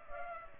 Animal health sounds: mosquito wingbeat signal from an infrared sensor; Culex pipiens

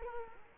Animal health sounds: mosquito wingbeat signal from an infrared sensor; Culex quinquefasciatus

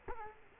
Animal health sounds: mosquito wingbeat signal from an infrared sensor; Culex quinquefasciatus

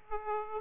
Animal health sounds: mosquito wingbeat signal from an infrared sensor; Aedes aegypti

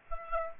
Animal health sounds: mosquito wingbeat signal from an infrared sensor; Aedes aegypti

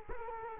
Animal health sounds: mosquito wingbeat signal from an infrared sensor; Culex quinquefasciatus

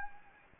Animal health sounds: mosquito wingbeat signal from an infrared sensor; Anopheles gambiae

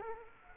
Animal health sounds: mosquito wingbeat signal from an infrared sensor; Culex quinquefasciatus

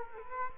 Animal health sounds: mosquito wingbeat signal from an infrared sensor; Culex quinquefasciatus

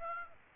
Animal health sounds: mosquito wingbeat signal from an infrared sensor; Aedes aegypti

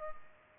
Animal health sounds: mosquito wingbeat signal from an infrared sensor; Culex pipiens

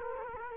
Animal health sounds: mosquito wingbeat signal from an infrared sensor; Culex quinquefasciatus

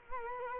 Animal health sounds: mosquito wingbeat signal from an infrared sensor; Culex quinquefasciatus

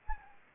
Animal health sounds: mosquito wingbeat signal from an infrared sensor; Anopheles gambiae

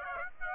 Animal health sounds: mosquito wingbeat signal from an infrared sensor; Aedes aegypti

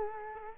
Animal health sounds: mosquito wingbeat signal from an infrared sensor; Culex quinquefasciatus

